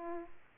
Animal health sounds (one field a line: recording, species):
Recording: mosquito wingbeat signal from an infrared sensor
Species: Aedes aegypti